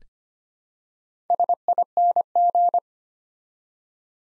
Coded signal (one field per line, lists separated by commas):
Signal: Morse code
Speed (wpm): 25 wpm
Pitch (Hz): 700 Hz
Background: none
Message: SING